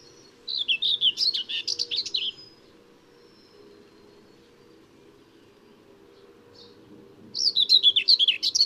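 Common whitethroat song: a brief scratchy, chattering warble of about two seconds, high-pitched and jerky, then a pause before another phrase begins near the end; faint low hum beneath.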